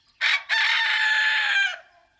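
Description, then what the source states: Chicken: rooster crowing: a short opening note, then a long, loud, sustained harsh crow lasting over a second before cutting off. Rooster (male) crowing.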